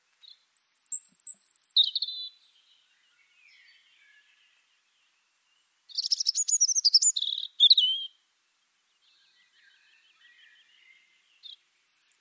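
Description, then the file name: European robin song: two bursts of thin, high, twittering and trilled notes with sudden pitch jumps, separated by long pauses, a short fragment starting at the end. "Erithacus rubecula"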